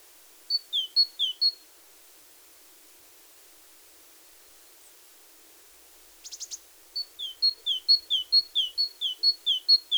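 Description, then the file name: Great tit song, a short burst of two-note phrases, then a pause and a brief buzzy rattle before a longer run of rhythmic repeated two-note phrases. "Parus major"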